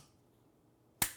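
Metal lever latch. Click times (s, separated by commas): 1.0 s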